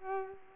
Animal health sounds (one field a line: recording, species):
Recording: mosquito wingbeat signal from an infrared sensor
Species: Culex pipiens